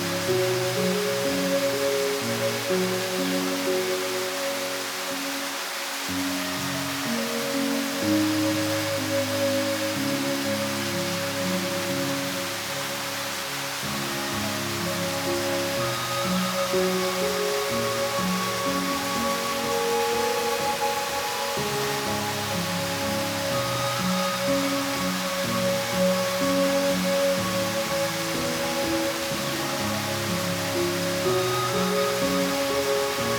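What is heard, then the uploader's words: A waterfall pours in a steady, dense rush that holds the same level for the whole half minute. Beneath the bright hiss, a low churning rumble shifts and rolls, with a faint constant tone sitting in the middle. Waterfall. The water and nature sounds.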